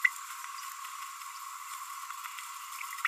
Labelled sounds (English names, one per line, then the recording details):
Green-rumped Parrotlet babbling
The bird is a female
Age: 29 days
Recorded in a nest box in Venezuela
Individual 17B42A4